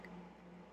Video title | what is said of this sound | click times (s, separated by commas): Batman and Robin McFarlane Action Figures - Review | so this is indeed a snap fit job for the legs | 0.1 s